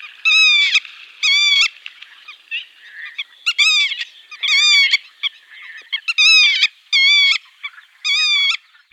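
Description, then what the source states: Black-tailed Godwit display calling, repeated bursts of rich, nasal, harmonic notes, with quieter calls between them. Males calling during spectacular spring courtship display flights: steep climb, rolling around the body's long axis, steep dive from great height; rival males aggressively driven from territory.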